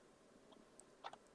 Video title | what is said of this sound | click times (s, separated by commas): PC Build: i5-7600k, 32GB RAM, RTX 3060 - Step-by-Step Guide | there we go. You can hear it click. | 0.8 s